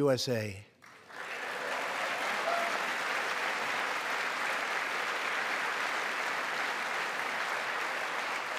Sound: applause

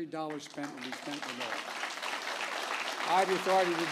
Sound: applause

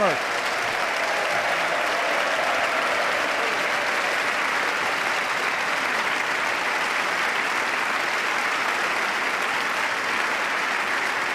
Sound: applause

